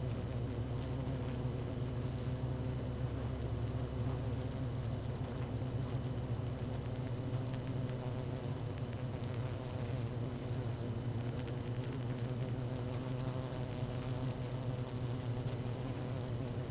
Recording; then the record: honeybee colony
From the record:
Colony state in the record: active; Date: 12 June 2018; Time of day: 17:03